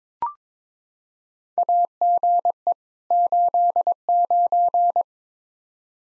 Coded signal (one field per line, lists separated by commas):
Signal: Morse code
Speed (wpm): 22 wpm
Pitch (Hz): 700 Hz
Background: none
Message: AGE 89